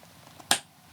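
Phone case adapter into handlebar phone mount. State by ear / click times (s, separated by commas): seated / 0.5 s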